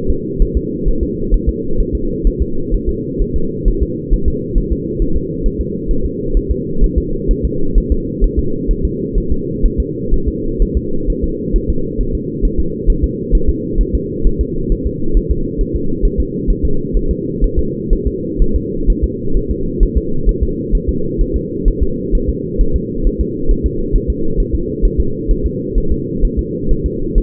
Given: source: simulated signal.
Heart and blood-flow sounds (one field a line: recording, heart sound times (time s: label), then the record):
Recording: fetal heart sounds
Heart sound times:
0.10 s: S2
0.42 s: S1
0.57 s: S2
0.88 s: S1
1.03 s: S2
1.34 s: S1
1.49 s: S2
1.81 s: S1
1.95 s: S2
2.27 s: S1
2.42 s: S2
2.74 s: S1
2.89 s: S2
3.22 s: S1
3.36 s: S2
3.68 s: S1
3.83 s: S2
4.14 s: S1
4.28 s: S2
4.58 s: S1
4.73 s: S2
5.02 s: S1
5.16 s: S2
5.46 s: S1
5.61 s: S2
5.91 s: S1
6.05 s: S2
6.37 s: S1
6.51 s: S2
6.84 s: S1
6.98 s: S2
7.31 s: S1
7.45 s: S2
7.78 s: S1
7.92 s: S2
8.24 s: S1
8.39 s: S2
8.71 s: S1
8.85 s: S2
9.18 s: S1
9.32 s: S2
9.66 s: S1
9.80 s: S2
10.14 s: S1
10.28 s: S2
10.62 s: S1
10.77 s: S2
11.10 s: S1
11.24 s: S2
11.56 s: S1
11.70 s: S2
12.01 s: S1
12.15 s: S2
12.45 s: S1
12.60 s: S2
12.90 s: S1
13.04 s: S2
13.35 s: S1
13.49 s: S2
13.81 s: S1
13.95 s: S2
14.27 s: S1
14.41 s: S2
14.72 s: S1
14.87 s: S2
15.17 s: S1
15.31 s: S2
15.61 s: S1
15.75 s: S2
16.05 s: S1
16.20 s: S2
16.50 s: S1
16.65 s: S2
16.97 s: S1
17.11 s: S2
17.44 s: S1
17.59 s: S2
17.93 s: S1
18.07 s: S2
18.42 s: S1
18.56 s: S2
18.90 s: S1
19.04 s: S2
19.37 s: S1
19.51 s: S2
19.83 s: S1
19.98 s: S2
20.29 s: S1
20.43 s: S2
20.75 s: S1
20.89 s: S2
21.21 s: S1
21.36 s: S2
21.68 s: S1
21.83 s: S2
22.15 s: S1
22.29 s: S2
22.61 s: S1
22.76 s: S2
23.07 s: S1
23.21 s: S2
23.51 s: S1
23.66 s: S2
23.96 s: S1
24.10 s: S2
24.40 s: S1
24.55 s: S2
24.85 s: S1
25.00 s: S2
25.31 s: S1
25.46 s: S2
25.78 s: S1
25.92 s: S2
26.25 s: S1
26.39 s: S2
26.72 s: S1
26.86 s: S2
27.18 s: S1
From the record:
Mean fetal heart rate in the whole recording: 130 bpm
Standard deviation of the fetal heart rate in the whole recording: 4 bpm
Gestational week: 38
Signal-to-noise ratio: -8.1 dB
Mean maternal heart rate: 72 bpm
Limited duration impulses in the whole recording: absent